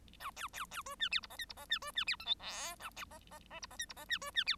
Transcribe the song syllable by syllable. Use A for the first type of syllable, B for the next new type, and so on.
A B B B C D E F G H F G D C D E I J K A B G G G F G H F G D C D E